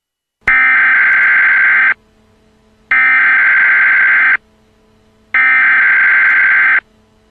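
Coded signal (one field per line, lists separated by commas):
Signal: Emergency Alert System (SAME) tones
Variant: header bursts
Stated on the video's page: Mock alert with added tones; the original weather messages carried no EAS tones.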